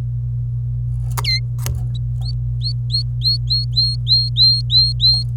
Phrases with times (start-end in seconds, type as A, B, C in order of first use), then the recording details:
1.25-1.39 A, 2.22-2.32 B, 2.62-5.24 B. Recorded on 26 April 2018 at 12:02. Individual llb3